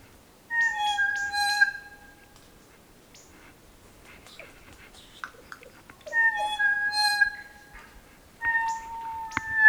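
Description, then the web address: Kokako song: drawn-out, pure, flute-like notes in three separate phrases, with quiet soft notes between them. "sound kōkako. دانلود-صدای-پرنده-کوکاکو"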